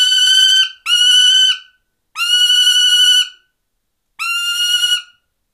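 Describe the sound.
Falcon uttering loud, rasping, sustained cries about a second each, spaced irregularly with short silent gaps.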